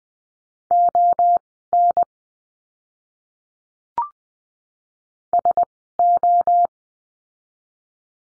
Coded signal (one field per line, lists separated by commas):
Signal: Morse code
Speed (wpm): 20 wpm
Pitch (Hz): 700 Hz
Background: none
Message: ON SO